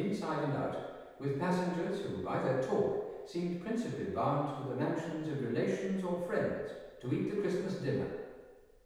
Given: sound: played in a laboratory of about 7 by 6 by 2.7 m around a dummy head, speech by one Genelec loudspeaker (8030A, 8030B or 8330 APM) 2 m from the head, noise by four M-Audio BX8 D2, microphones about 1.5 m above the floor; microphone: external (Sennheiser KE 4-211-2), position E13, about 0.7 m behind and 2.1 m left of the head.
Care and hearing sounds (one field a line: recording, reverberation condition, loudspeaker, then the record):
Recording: male speech in English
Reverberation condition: high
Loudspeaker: 150 degrees to the right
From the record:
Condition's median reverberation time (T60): about 1300 ms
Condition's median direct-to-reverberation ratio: about -4.0 dB